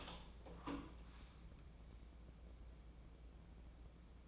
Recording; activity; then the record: daily activity, microphone in the room; open door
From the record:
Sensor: 1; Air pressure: 1012.4 hPa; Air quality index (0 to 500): 164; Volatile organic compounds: 3 ppm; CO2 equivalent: 1350 ppm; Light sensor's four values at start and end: 761/1733/783/931 and 761/1730/783/930